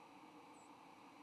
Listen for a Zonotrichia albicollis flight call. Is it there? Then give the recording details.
no. Another species' flight call is heard. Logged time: 06:27 on 3 November 2014